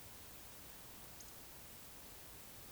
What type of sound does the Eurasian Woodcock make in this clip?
whistle